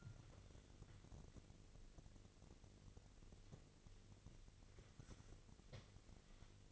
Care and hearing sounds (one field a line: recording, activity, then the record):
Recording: daily activity, microphone in the room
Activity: wipe stove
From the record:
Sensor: 4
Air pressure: 1002.4 hPa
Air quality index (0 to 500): 215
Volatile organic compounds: 12 ppm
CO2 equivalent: 2324 ppm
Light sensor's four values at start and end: 19/66/24/24 and 19/67/24/24